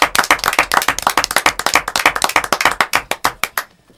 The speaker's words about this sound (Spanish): Estos aplausos nacen en el corazón y terminan en nuestras manos. Y estos aplausos son para ustedes,